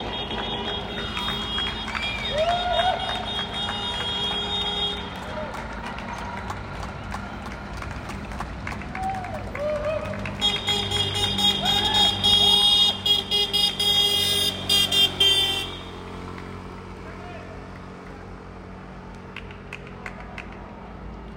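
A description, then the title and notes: People clap from windows and balconies along a city street, with quick, sharp claps that grow dense and loud from about 10 to 15 seconds before thinning out. Voices and a low traffic rumble sit underneath. On 26 March 2020 people were encouraged to thank the NHS. They did this by hanging out their windows and balconies and clapping - on Dundas Street there was one vehicle.....as you will hear.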